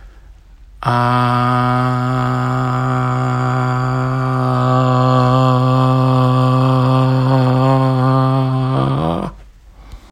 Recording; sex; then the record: sustained vowel /a/; male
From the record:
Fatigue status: no fatigue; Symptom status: asymptomatic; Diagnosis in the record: COVID-19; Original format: m4a